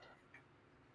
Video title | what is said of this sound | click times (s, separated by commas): Laptop screen replacement / How to replace laptop screen [Dell Inspiron 7559] | and you'll hear probably a little click or two as the cable gets seated | 0.3 s